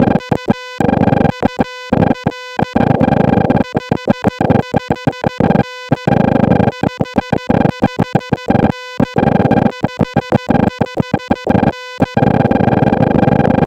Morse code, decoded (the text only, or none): U UR 55N 55N 55N